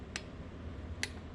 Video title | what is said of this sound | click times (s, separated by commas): Torquing Bolts On Head1 - I dropped my GoPro7 in the engine compartment | just to click that means it's at 22 it's | 0.2 s, 1.0 s